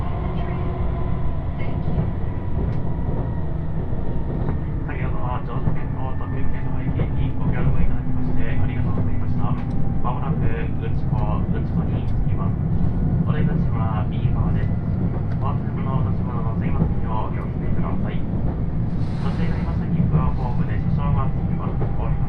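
Aboard the Uwakai No. 5 diesel limited express on the Yosan Line, a steady low engine rumble runs under frequent passenger voices.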